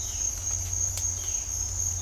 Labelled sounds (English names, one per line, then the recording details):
none
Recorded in dense forest near Puerto Asís, Putumayo, Colombia, on 15 December 2024 at 06:00
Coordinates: 0.503, -76.323
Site G043